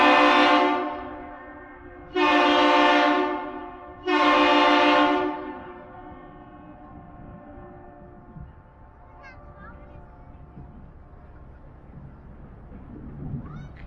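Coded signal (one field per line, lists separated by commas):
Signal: ship horn signal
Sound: three deep harmonic horn blasts, first slightly longer, then quiet background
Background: outdoor ambience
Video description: At the end of the their 1 long 2 short, 1 long the bridge thinking it was a Captains Salute started their reply. Some what like me with my wife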